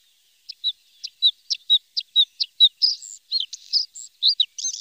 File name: blauwborst bluethroat